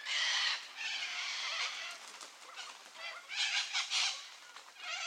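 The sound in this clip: Little corellas screeching in a noisy chorus, harsh grating calls running together, loudest at the start and again near the end.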